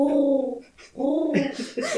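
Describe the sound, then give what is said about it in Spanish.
A voice imitates a pigeon cooing: two drawn-out, low warbling coos with a short pause between, the second ending in breathy, throaty bursts. “Te vuelvo a dar la vuelta y escuchas a la paloma.”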